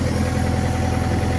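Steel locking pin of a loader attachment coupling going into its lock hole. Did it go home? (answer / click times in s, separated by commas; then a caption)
no / none. A steel locking pin on an articulated loader's attachment coupling is meant to drop automatically into its lock hole as the coupling or control lever is levered fully up. Only a steady, low engine idle rumble is heard, with no distinct click. Nothing has seated: the lock fails to engage and the attachment has to be repositioned.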